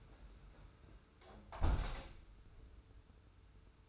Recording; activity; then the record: daily activity, microphone in the room; close window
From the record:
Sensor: 2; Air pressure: 991.1 hPa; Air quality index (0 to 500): 128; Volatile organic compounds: 127 ppm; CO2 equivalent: 3914 ppm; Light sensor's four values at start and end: 37/108/42/41 and 37/108/42/40